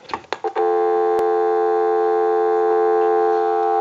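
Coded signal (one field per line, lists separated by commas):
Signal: telephone call progress tone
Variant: North America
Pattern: dial tone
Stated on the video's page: Tone heard through a Mickey Mouse original model telephone during checkout and repair.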